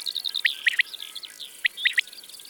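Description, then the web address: Common quail song: sharp three-note phrases, one note then a quick pair, repeated twice, over a busy chorus of other songbirds whistling and trilling. "Caille des bles. abc de la nature"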